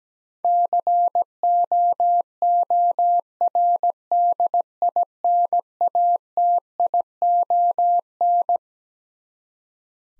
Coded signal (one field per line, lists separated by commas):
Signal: Morse code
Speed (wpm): 17 wpm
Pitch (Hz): 700 Hz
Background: none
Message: COORDINATION